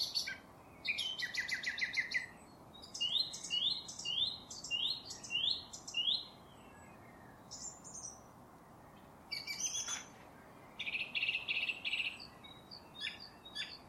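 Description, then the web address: Song thrush song with varied phrases, each repeated: rattling notes, then a clear slurred note repeated several times, followed by pauses and new rattling motifs. "cianscape birddata Deverinetal 2025"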